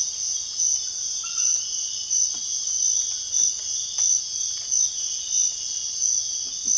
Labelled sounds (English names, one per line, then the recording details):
none
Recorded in dense forest near Puerto Asís, Putumayo, Colombia, on 9 March 2025 at 05:30
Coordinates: 0.481, -76.323
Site G088